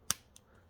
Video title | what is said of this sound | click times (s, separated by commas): SMOKED SIDE MARKERS INSTALL on my 2006 BMW E90 330i 6 Speed Manual! | And then just twist it until it locks | 0.1 s